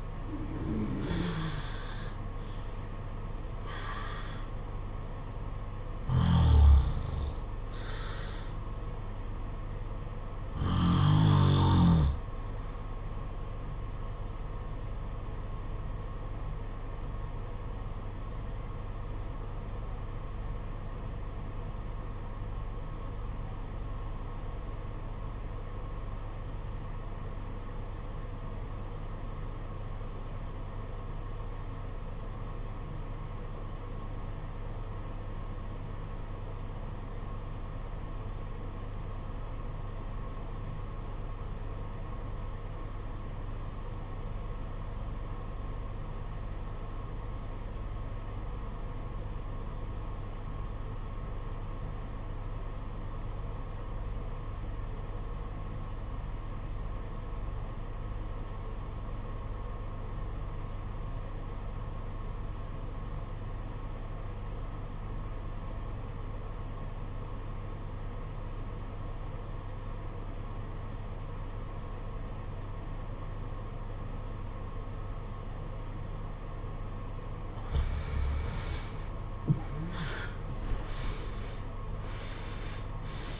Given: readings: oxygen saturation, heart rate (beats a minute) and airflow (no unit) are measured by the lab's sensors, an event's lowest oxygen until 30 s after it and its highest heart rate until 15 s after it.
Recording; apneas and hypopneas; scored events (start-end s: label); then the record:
breathing in sleep by a smartphone at the bedside; 1
16.00-78.10 s: obstructive apnea (REM, oxygen 94% highest, then 66% lowest, heart rate 52 at the start, 94 highest)
From the record:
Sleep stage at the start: REM sleep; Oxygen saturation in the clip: 69 to 94%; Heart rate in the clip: 47 to 88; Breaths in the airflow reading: 6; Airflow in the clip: -17.8 to 17.0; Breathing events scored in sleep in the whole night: 476 in 9.7 hours asleep